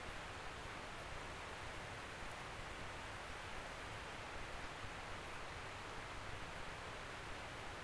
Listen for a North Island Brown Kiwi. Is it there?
no